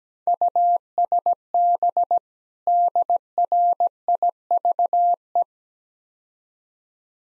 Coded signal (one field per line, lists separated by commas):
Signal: Morse code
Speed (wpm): 19 wpm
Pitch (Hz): 700 Hz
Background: none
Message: USB DRIVE